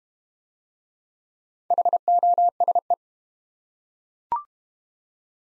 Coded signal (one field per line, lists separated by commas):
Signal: Morse code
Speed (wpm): 32 wpm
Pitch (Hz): 700 Hz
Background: none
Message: HOSE